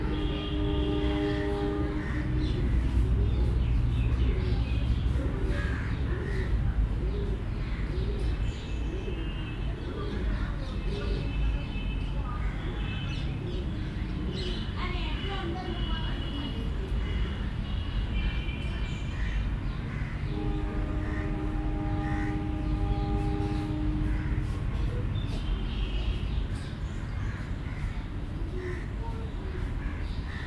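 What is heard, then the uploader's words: Busy ambience at the Gandhi Ashram in Sabarmati, Ahmedabad, with many overlapping voices talking. A steady low rumble, perhaps traffic or a passing train, runs underneath. Brief sustained tones ring out early on and again around twenty seconds. Gandhi Ashram, Sabarmati, Ahmedabad, Gujarat, India.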